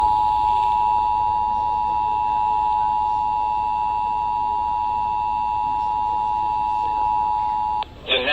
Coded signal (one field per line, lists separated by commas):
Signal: Emergency Alert System (SAME) tones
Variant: 853 and 960 Hz attention tone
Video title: SVR On 88.9 FM EAS #744